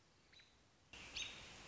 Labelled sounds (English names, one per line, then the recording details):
American Robin
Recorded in Sonoma County, California